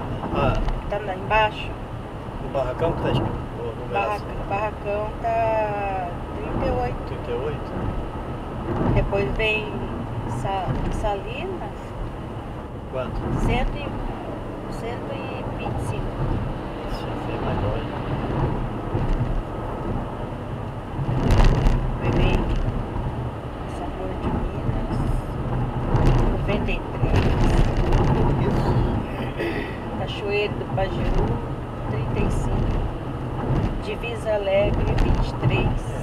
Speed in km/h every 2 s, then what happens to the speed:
114, 113, 113, 114, 109, 106, 108, 111, 113, 112, 112, 113, 113, 113, 112, 113, 114, 113.
0-11 slows to 106. 11-16 speeds up to 113. 16-36 steady at about 113.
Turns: none.